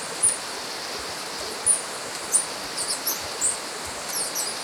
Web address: Natures Songs S America Birds of Ecuador White-Tipped Sicklebill